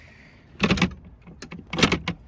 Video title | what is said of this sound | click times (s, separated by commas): 2011 Super Air Nautique 230 TE - Masters Blue - On Water -- N3 Boatworks | and that locks in place and then you have access to your trash can right here flips out | 2.1 s